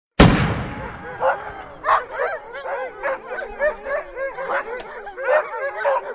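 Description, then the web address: Dog: a loud bang opens, then dogs bark and yelp in an irregular overlapping chorus with whining tones. Several dogs barking. "chiens qui aboient"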